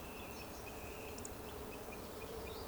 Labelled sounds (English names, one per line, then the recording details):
Eurasian Woodcock whistle
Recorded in Baden-Württemberg, Germany, on 11 June 2020 at 20:17 UTC
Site 14569, 102 m above sea level